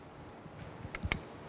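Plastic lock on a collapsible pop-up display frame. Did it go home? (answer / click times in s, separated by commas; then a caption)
yes / 0.9 s, 1.1 s. A plastic lock on the back of an expanded collapsible pop-up display frame is snapped into place by hand. Two sharp snaps are heard at 0.95 s and 1.12 s over a low background. The lock is seated.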